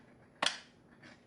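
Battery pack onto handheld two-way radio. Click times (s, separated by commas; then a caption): 0.5 s. A battery pack is pushed down onto the back of a Vertex EVX-530 series handheld two-way radio and slid up until it latches. One sharp click sounds at 0.5 s, followed by a faint, softer sound around 1.1 s. The battery is seated on the radio.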